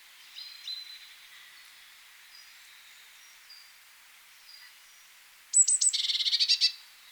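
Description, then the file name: Eurasian blue tit call: three thin high notes followed by a fast pulsed buzzy churr about a second long, after quiet background twittering. "Cyanistes caeruleus"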